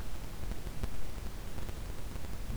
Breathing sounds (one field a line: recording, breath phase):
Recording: one breath near a microphone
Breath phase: inhalation